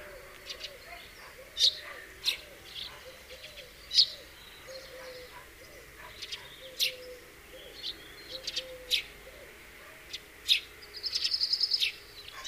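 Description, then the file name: House sparrow chirps: scattered sharp, high chirps at irregular intervals, ending in a rapid rattling burst, with low, soft whistled notes from another bird underneath. "Passer domesticus"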